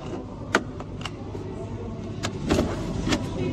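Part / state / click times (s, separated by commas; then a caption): ink cartridge in printer carriage / released / 0.5 s. An old ink cartridge is removed from the printer carriage by pressing the small clip at the back and pulling the cartridge out. The clip releases with a sharp click at 0.6 s, followed by smaller clicks and rattles at 0.8, 1.1, 2.3 and 2.5 s over a steady background hum. The cartridge clip is released.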